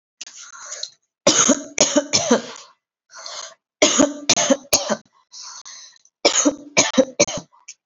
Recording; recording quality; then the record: heavy voluntary cough; excellent, no background noise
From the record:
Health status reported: healthy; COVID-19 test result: negative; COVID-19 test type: RT-PCR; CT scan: not taken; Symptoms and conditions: cough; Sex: female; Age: 23 years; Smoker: no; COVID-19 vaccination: one dose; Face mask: worn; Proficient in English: yes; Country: India